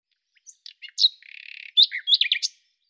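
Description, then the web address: Common nightingale song phrase: scattered high notes, a dry buzzing rattle lasting about half a second, then a burst of quick varied whistles and chirps. Cleaned, normalized recording. "Deverinetal 2025"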